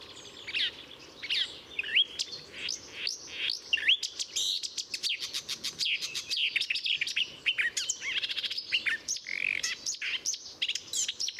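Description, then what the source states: Marsh warbler singing a long, restless medley of quick whistles, rasping phrases and sliding notes, constantly changing in pitch and texture. Recorded at Murnauer Moos on 7 July 2013.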